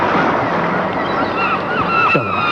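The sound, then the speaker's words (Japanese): A steady roar of sea waves and wind noise on the shore of a deserted northern sea fills the whole stretch, with a few wavering, honking bird cries rising over it near the end. “だからこんな誰もいない北の海までやってきたんじゃないか。”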